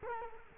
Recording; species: mosquito wingbeat signal from an infrared sensor; Culex quinquefasciatus